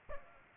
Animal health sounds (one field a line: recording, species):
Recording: mosquito wingbeat signal from an infrared sensor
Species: Aedes aegypti